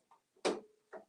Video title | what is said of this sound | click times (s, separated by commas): THE ALLBRANDS SHOW - Embroider Disney on the Persona Brother PRS100 with Designs from ibroidery.com | pops right in | 0.5 s